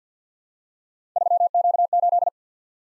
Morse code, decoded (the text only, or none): 3Q8